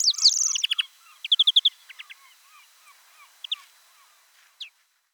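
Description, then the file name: European greenfinch calls: a harsh rasping burst, then rapid trilled chip series, scattered single notes and a final sharp call, with soft twittering beneath. "Chloris chloris"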